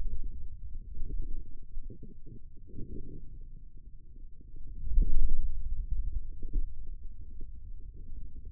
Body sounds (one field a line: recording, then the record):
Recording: forearm muscle sounds (acoustic myography)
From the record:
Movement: ulnar deviation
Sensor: system 2, bracelet of six BSWA MPA416 microphones around the upper forearm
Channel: 6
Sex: male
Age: 22 years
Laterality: right